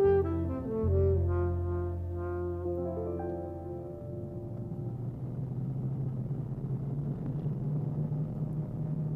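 A hired car's engine drones with a low, tonal hum that steps up and down in pitch as it revs, then settles into a steady, rushing rumble of driving. No one speaks.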